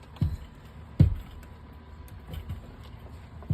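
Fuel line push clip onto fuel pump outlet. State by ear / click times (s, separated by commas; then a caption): not seated / none. A fuel line with a push-on clip is handled and lined up over the top outlet of a BMW 335i low pressure fuel pump, just before being pushed on. A few dull, low handling knocks are heard, the loudest at about 1.0 s, over a quiet background. Nothing has clicked or locked on yet.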